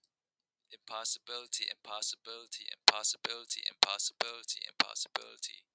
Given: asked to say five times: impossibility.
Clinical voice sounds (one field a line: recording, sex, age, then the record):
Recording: repeated word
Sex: male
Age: 20 to 29 years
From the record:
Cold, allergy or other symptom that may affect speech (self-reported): no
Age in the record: 28 years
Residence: New York, United States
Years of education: 16